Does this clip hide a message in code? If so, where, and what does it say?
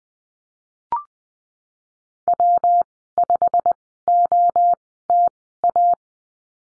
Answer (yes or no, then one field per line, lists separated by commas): yes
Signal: Morse code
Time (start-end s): 2.3-5.9 s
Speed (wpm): 20 wpm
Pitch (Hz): 700 Hz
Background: none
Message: W5OTA